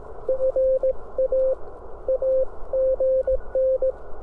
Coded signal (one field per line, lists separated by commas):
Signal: Morse code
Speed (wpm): 18 wpm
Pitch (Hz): 500 Hz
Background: none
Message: FA AGN